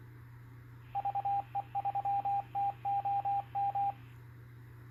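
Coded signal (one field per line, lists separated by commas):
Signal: Morse code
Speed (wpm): 24 wpm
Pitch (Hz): 800 Hz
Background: radio noise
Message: VE3TOM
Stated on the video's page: Heard on a Uniden SDS100 receiver.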